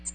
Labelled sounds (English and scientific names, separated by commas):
American Redstart (Setophaga ruticilla) flight call